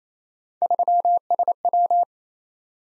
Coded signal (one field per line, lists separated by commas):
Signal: Morse code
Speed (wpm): 29 wpm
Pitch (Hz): 700 Hz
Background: none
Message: 3SW